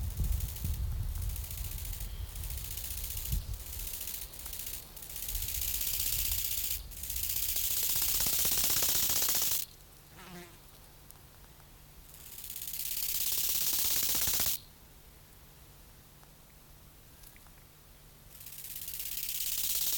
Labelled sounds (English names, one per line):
Bow-winged Grasshopper stridulation